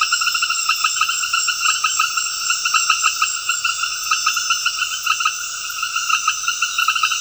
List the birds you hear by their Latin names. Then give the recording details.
none. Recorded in secondary vegetation near Puerto Asís, Putumayo, Colombia, on 20 February 2024 at 21:30. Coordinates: 0.481, -76.323. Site G6376